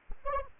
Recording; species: mosquito wingbeat signal from an infrared sensor; Anopheles arabiensis